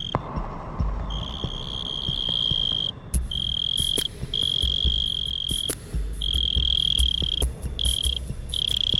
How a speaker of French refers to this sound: Pas si bête, une chronique sur le monde sonore animal. Aujourd'hui, la courtilière.